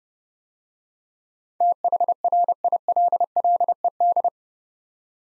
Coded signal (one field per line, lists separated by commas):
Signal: Morse code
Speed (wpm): 30 wpm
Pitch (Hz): 700 Hz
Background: none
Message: THRILLED